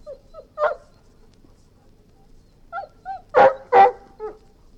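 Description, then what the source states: Golden retriever whining in short high tonal whimpers, then two loud sharp barks followed by a softer call. Barking and whining.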